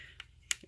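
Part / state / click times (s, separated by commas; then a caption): ribbon cable connector latch on a laptop board / seated / 0.2 s, 0.5 s. A small plastic ribbon cable connector latch on a Dell Inspiron 15 5000 Series 5559 laptop board is pressed back down during reassembly. It gives a faint click at 0.2 s and a sharp, louder snap at 0.51 s, followed by a soft low tap, and the latch is seated shut.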